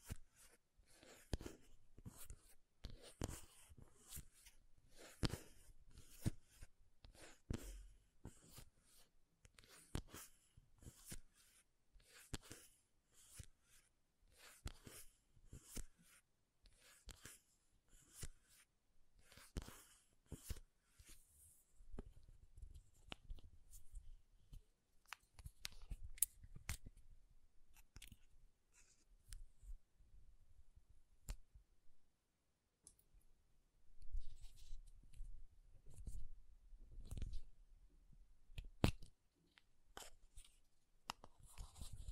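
Makeup tapping and scratching: quick, sharp taps and scratchy strokes fall in dense, uneven bursts through the first twenty seconds. After that the taps thin out, with a soft low rumble underneath and scattered clicks, then a busier cluster of scratching around 33 to 40 seconds.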